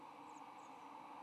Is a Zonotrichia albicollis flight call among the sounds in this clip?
no